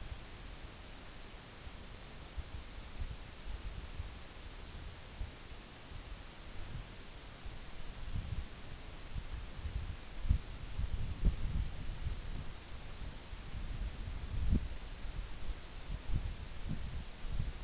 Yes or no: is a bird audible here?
no